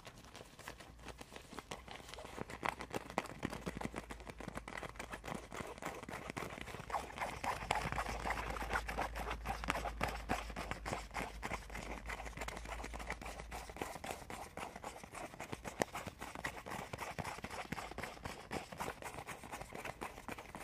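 Icy, frozen triggers: a dense, fast run of crisp taps, clicks and crackles that keeps going for the whole clip, without settling into a regular beat. The sounds grow fuller and louder in the middle, then ease slightly. A low steady hum sits underneath.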